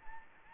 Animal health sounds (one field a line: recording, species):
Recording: mosquito wingbeat signal from an infrared sensor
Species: Anopheles gambiae